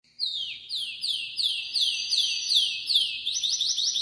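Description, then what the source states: Canary song: a series of quick downward-sweeping whistled notes repeated about three times a second, then speeding into a tighter trill at the end. Belgian canary breed, singing loudly.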